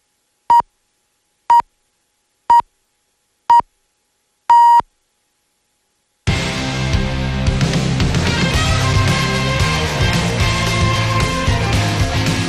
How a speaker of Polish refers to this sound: Te sygnały oznaczają, że na zegarze czwarta.